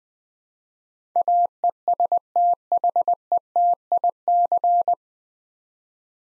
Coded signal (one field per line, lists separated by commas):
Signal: Morse code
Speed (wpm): 20 wpm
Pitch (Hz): 700 Hz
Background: none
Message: AESTHETIC